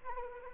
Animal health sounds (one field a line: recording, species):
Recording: mosquito wingbeat signal from an infrared sensor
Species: Anopheles arabiensis